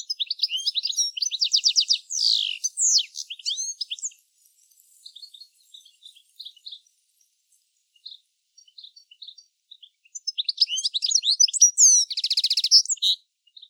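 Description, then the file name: European Goldfinch giving fast liquid twitters and buzzy trills, a quieter scattered stretch in the middle, then another lively burst of chattering notes. "Carduelis carduelis"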